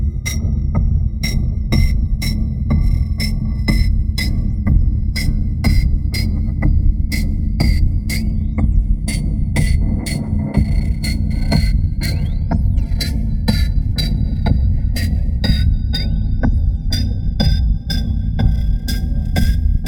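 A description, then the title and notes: Shaped noise with a percussive feel: sharp, bright clicks strike at a fairly regular, quick rate over a dense, rumbling low bed that never lets up. Thin whistling tones and a few rising, swooping chirps drift through the upper range, with the overall level staying steady throughout. Here is some noise shaped with a dynamics envelope. Noise shaped with a dynamics envelope. It turned out quite percussive.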